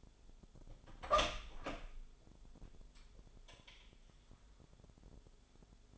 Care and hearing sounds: daily activity, microphone in the room; open door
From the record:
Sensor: 5

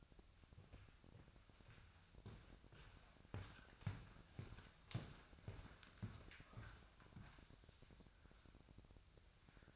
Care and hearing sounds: daily activity, microphone in the room; walk to room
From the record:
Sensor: 2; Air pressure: 999.3 hPa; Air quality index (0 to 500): 193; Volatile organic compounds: 26 ppm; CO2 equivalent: 2851 ppm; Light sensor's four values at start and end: 7/17/7/7 and 7/16/6/7

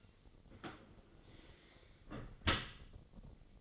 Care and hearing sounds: daily activity, microphone in the room; close dishwasher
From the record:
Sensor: 4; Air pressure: 1004.0 hPa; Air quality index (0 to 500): 152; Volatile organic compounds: 2 ppm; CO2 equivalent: 1087 ppm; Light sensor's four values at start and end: 27/66/28/30 and 28/69/29/31

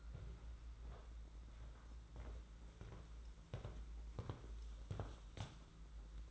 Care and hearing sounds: daily activity, microphone in the room; walk to room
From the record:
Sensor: 3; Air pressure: 992.0 hPa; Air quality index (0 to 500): 225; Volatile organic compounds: 1000 ppm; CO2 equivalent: 7741 ppm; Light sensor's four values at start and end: 26/77/31/26 and 23/66/27/23

